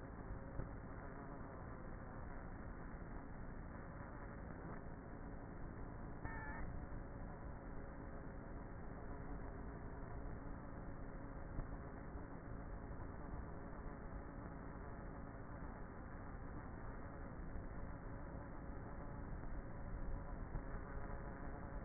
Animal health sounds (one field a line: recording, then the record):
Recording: honeybee colony, microphone inside the hive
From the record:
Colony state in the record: queenless with a low population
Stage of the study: before two queens were removed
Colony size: about 30,000 bees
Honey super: no